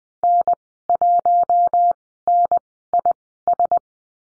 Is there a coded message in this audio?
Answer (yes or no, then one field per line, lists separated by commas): yes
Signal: Morse code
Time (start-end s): 0.2-3.8 s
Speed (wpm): 20 wpm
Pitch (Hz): 700 Hz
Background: none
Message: N1NIS